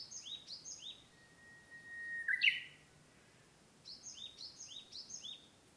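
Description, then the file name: Japanese bush warbler gives a sustained clear whistle and then an abrupt, loud twisting phrase; another bird's rapid series of high downslurred notes is heard at both ends. "uguisu"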